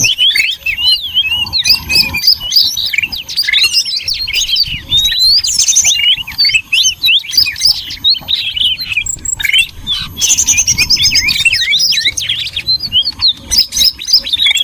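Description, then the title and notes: Noisy flock of birds giving quick, high chips and squeaky twitters in a constant tangle of overlapping calls. Noisy bird chatter used for luring (pikat) birds. "Master Burung Ribut. Burung Ribut Pikat"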